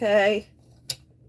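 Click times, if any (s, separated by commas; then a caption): 0.9 s. Someone talks briefly, then a Singer HD 6380 sewing machine's plastic and metal bobbin case, carefully pushed back into its housing in the hook assembly after cleaning, gives a short, sharp snap at 0.9 s. The snap means the bobbin case is seated correctly.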